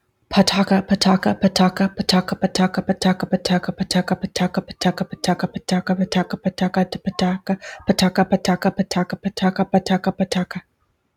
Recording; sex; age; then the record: repeated syllables /pa ta ka/; female; 30 to 39 years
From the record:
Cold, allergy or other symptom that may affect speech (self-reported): no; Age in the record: 35 years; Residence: Washington, United States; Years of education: 16